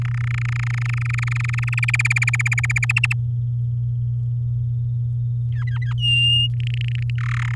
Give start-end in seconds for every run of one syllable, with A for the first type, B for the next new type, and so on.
0.02-1.80 A, 1.83-2.85 B, 2.89-3.13 C, 5.52-5.93 D, 5.98-6.48 E, 6.53-7.10 F, 7.16-7.55 G